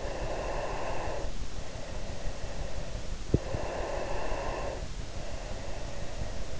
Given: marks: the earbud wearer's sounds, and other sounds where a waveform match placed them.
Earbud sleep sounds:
sounds in sleep by an in-ear microphone; breath
0.10-3.15 s: breath
3.61-6.59 s: breath

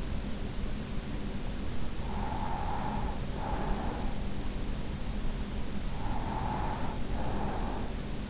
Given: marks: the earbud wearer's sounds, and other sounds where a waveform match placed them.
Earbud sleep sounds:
sounds in sleep by an in-ear microphone; breath
1.79-4.82 s: breath
5.85-8.30 s: breath

